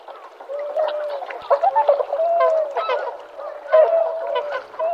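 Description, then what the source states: Tundra swans calling as a flock, overlapping mellow honking and bugling notes with rising and falling tones, a continuous chorus of many birds. Sugao marsh, Ibaraki Prefecture, Japan.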